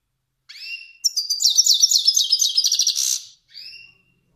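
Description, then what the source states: Finch song: a whistled note, then a fast buzzy trilled phrase of about two seconds, ending with a short soft whistle. Kermani finch.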